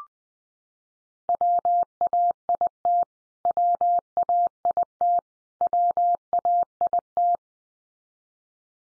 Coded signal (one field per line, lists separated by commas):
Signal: Morse code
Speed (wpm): 20 wpm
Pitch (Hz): 700 Hz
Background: none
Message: WAIT WAIT WAIT